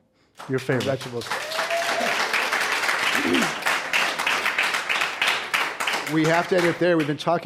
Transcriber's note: applause